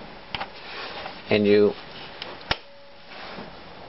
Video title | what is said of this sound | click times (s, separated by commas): ION Air Pro - Initial Review - Sport Camera | hear that snap so it snapped in place and then you just tighten up that there | 2.5 s